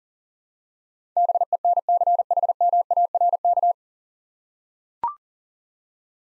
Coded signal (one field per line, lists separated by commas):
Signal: Morse code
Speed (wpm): 40 wpm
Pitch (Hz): 700 Hz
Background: none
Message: BENCHMARK